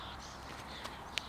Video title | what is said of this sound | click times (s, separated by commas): I got the Segway Ninebot ES1 Electric Scooter - UNBOXING & REVIEW VLOG | you get into a standing position put your foot on it and just press forward again until you hear it click and that's | 1.2 s